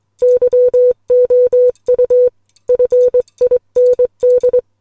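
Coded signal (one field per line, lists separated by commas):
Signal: Morse code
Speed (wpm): 21 wpm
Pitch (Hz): 500 Hz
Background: music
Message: YOU FIND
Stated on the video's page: Morse code poem sent on a Les Logan SpeedX model 500 bug key.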